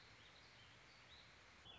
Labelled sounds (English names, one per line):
Warbling Vireo